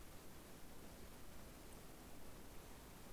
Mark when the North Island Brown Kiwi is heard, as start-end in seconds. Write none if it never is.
none